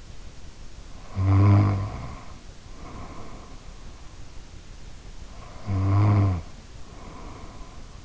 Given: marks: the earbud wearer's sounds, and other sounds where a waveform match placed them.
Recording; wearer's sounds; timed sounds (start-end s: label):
sounds in sleep by an in-ear microphone; snoring breath
1.13-3.91 s: snoring breath
5.36-8.04 s: snoring breath